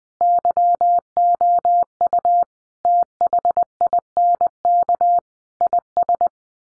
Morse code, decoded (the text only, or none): YOU THINK IS